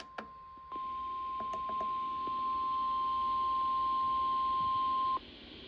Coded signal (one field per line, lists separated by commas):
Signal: Emergency Alert System (SAME) tones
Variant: 1050 Hz attention tone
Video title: KXI42 Required Weekly Test with the MD329. 2/11/26 EAS #542